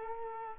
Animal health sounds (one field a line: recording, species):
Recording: mosquito wingbeat signal from an infrared sensor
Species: Culex quinquefasciatus